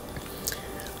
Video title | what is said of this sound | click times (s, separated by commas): ✨ FRIGIDAIRE DRYER ANNOYING BEEP - FIXED ✨ | and then kind of press it shut till it clicks | 0.5 s